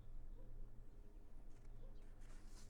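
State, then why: Not seated. Seat belt webbing is handled at a vehicle seat belt retractor after being released back in, with a steady low rumble and faint rustling throughout. No click has happened yet and nothing has locked.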